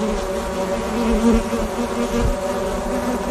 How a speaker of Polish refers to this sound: Pszczoły miododajne, czyli miasto będzie miało miód.